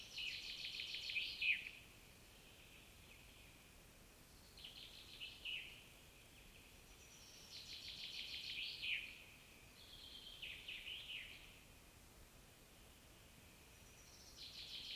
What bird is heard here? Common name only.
Common Chaffinch